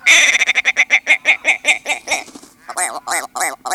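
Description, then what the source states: Willow Ptarmigan chuckling: a fast, rattling run of harsh notes, then several gargled notes at a slower pace. Chuckles loudly across the tundra in Denali National Park, Alaska.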